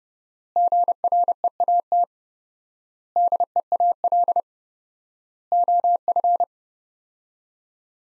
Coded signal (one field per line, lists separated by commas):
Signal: Morse code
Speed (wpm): 30 wpm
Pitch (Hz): 700 Hz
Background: none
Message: GREAT DEAL OF